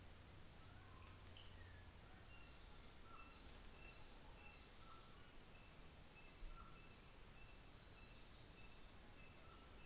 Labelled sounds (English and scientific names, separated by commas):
North Island Saddleback (Philesturnus rufusater)